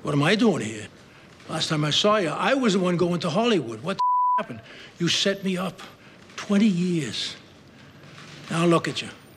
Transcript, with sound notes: What am I doing here? Last time I saw you, I was the one going to Hollywood. What the (beep) happened? You set me up. Twenty years. Now look at you.